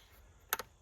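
A wiring harness plug is pushed onto the replacement MAP sensor on the intake manifold of a 2017 Jeep Cherokee Trailhawk with a 3.2. After a quiet stretch, a sharp click lands at 0.5 s, followed by a softer second click at 0.6 s. The connector clicks in and is seated.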